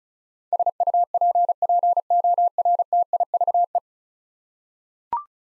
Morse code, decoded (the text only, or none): SUPPORTIVE